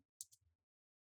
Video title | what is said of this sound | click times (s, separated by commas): How to Clean and Repaste HP Notebook 15 BS011LA - Thermal Paste Replacement Guide | big huge click sound. You want to do that all all around in the front. | 0.2 s